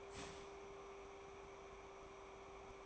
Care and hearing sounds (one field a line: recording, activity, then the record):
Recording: daily activity, microphone in the room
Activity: start toaster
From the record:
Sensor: 1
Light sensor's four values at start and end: 3/8/3/3 and 3/8/3/3